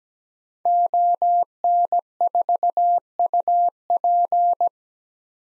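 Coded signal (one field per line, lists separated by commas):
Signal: Morse code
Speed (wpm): 17 wpm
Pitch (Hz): 700 Hz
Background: none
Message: ON4UP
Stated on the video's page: Morse code drill at 17 wpm of common SOTA activator call signs for head-copy practice, each sent, spoken, then sent again.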